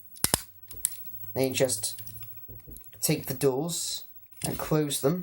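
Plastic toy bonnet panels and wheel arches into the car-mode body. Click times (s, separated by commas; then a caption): 0.2 s, 0.9 s. A plastic part on a toy car is moved so that the plastic bonnet panels and two front wheel arches lock into the car-mode body, giving sharp snaps at 0.2 s and 0.9 s. Someone talks afterward as the panels are seated in place.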